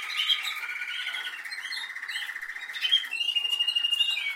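Canary singing a smooth, even rolling trill, then a higher, brighter roll toward the end.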